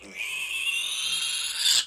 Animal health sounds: pig call; piglet (1 to 25 days)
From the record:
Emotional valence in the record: negative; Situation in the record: castration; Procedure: castration, cut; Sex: male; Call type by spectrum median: high-frequency call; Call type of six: mixed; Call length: 1.87 s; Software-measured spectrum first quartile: 3192 Hz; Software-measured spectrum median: 4354 Hz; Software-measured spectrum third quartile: 7021 Hz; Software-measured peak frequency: 2768 Hz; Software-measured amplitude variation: 121 dB a second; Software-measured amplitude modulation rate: 26.2 a second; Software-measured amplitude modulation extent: 4.6 dB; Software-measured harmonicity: 3.7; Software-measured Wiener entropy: -2.79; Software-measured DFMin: 1035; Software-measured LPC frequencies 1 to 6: 1514, 2667, 3564, 4737, 6262, 7406 Hz

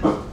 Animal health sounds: pig call; growing-finishing pig (85 days or more)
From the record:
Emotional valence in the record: positive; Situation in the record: run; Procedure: transit

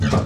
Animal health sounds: pig call; growing-finishing pig (85 days or more)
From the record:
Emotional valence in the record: positive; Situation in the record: run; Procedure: transit

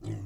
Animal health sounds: pig call; weaner (32 to 43 days)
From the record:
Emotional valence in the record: positive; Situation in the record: positive conditioning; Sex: female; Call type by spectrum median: low-frequency call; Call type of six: low-frequency stable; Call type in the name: low-frequency stable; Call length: 0.26 s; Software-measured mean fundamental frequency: 52 Hz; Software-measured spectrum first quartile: 105 Hz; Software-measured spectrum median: 173 Hz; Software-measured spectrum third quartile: 420 Hz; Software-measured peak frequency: 105 Hz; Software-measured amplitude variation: 110 dB a second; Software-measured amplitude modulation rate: 19.6 a second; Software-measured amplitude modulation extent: 5.6 dB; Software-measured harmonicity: 1.4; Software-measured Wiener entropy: -0.13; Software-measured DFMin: 1103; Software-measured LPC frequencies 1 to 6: 262, 1981, 3167, 3922, 4836, 6352 Hz

